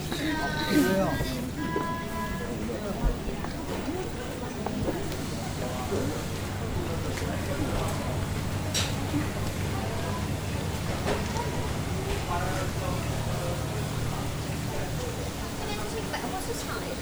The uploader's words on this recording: 京都锦市场. Nishiki Market (錦市場), Kyoto, Japan. 是位于京都市中京区中部锦小路通中「寺町通 - 高仓通」区间的一条商店街。